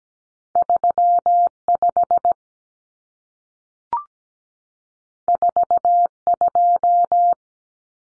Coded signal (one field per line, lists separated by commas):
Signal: Morse code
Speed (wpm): 17 wpm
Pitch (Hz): 700 Hz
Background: none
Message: 35 42